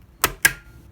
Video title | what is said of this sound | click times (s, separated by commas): How-to/DIY: Replace Broken HJC Motorcycle Helmet Baseplate & Install Face Shield | you heard it snap in and you're good to go | 0.2 s, 0.5 s